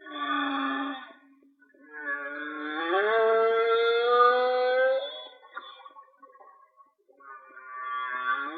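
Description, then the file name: Whale song: a harmonic cry, then a long, rising wail that holds steady with a faint pulsing underneath, followed by another brief moaning phrase. "Whale Song-colin"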